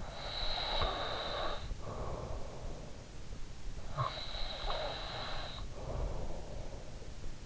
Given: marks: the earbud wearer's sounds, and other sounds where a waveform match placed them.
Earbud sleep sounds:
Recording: sounds in sleep by an in-ear microphone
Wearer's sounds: snoring breath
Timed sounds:
0.00-3.14 s: snoring breath
3.94-7.09 s: snoring breath

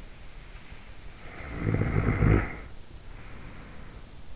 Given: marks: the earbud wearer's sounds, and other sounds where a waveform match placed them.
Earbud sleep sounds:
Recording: sounds in sleep by an in-ear microphone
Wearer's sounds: snoring breath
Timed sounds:
1.00-4.31 s: snoring breath

